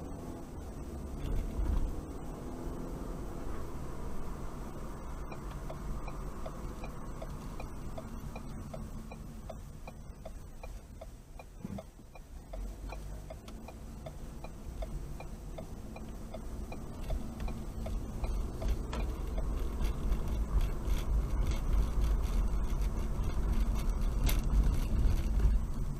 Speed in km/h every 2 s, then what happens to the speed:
24, 32, 37, 34, 21, 6, 10, 16, 21, 27, 35, 35, 29.
0-3 speeds up to 37. 5-11 brakes to 6. 11-21 speeds up to 35. 21-26 slows to 29.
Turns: 10-17.